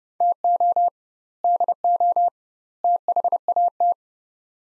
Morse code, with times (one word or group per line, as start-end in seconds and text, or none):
0.2-0.9 TO
1.4-2.3 DO
2.8-3.9 THAT